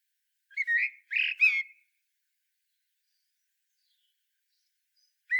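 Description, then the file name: Common blackbird giving a short phrase of a few fluty whistled notes, then silence and the start of another note. "Turdus merula"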